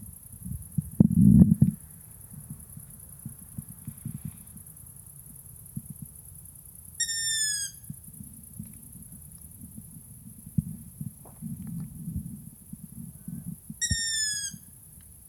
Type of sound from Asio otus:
call